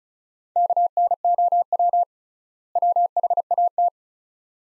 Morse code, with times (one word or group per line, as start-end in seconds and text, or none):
0.6-2.0 KNOW
2.8-3.9 WHAT